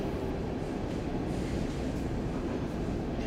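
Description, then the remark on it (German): A subway train runs with a steady, dense low rumble and rushing noise, constant in loudness throughout, with no voices. “So drückend, dass man den Eindruck hat, die U-Bahn selbst versuche, ihr Fahren zu vertuschen.”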